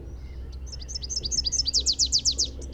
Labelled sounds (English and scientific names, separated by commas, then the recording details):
Rufous-capped Warbler (Basileuterus rufifrons) song
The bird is a male
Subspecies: rufifrons
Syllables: 17
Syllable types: 4
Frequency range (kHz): 3.0-7.0 kHz
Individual MO-R10-M